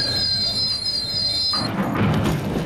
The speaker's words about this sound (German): Jetzt fährt der Zug samt meiner Wut in einen Tunnel und da plötzlich...